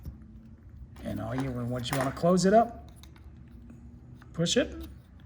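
Someone talks while handling the plastic back shell of a 2020–2022 Lincoln Navigator key fob, about to press the two halves onto the fob body to close it after the coin battery is replaced. Only faint, soft handling taps are heard under the talking. Nothing has snapped shut or seated yet.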